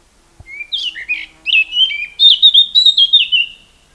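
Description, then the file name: Eurasian blackcap song: a brief warbled phrase of quick rising and falling notes, building into a louder run of clear fluty notes, about three seconds in all. "Sylvia atricapilla"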